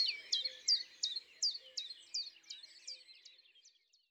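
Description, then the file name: Common chiffchaff giving a string of crisp, high two-pitch notes that grow steadily quieter and fade out near the end. "Pouillot veloce ABC des chants doiseaux"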